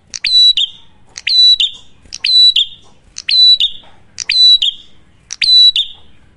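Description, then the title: Prinia giving metallic, buzzy phrases, each a sharp onset and drawn-out whine, repeated about every second. Loud duet of Cililin versus Kapas Tembak song by a prinia in full song; used for luring wild birds or as masteran for training cage birds. "Masteran Duet Cililin Vs Kapas Tembak. Prenjak Gacor. Ngalun Kencang, Ampuh Banget Buat Pikat Ataupun Masteran"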